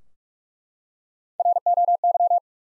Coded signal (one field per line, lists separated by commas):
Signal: Morse code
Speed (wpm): 42 wpm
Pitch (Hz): 700 Hz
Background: none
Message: ROY